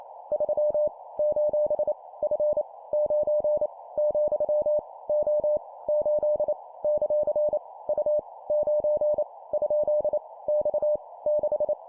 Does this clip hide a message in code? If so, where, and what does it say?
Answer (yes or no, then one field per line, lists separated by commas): yes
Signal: Morse code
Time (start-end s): 0.3-11.7 s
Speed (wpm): 28 wpm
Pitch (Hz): 600 Hz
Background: none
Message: 3 : F 9 , O 8 ; U 9 ? X 6